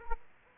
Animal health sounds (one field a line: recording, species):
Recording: mosquito wingbeat signal from an infrared sensor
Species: Aedes aegypti